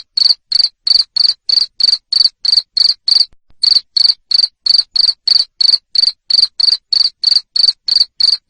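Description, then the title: Cricket song of shrill repeated chirps, about three per second, one short pause partway through. Loud cricket chirping (jangkrik ngerik) played to stimulate lovebirds to sing continuously (ngekek). "Suara JANGKRIK NGERIK Keras Bikin LOVEBIRD Jadi NGEKEK Terus Vubey"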